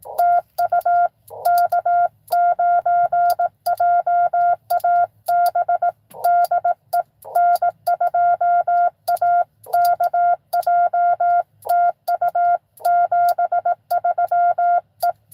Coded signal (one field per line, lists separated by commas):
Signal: Morse code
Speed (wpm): 18 wpm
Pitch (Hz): 690 Hz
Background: none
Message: TU K9JAB DE N2AKJ TU 73 E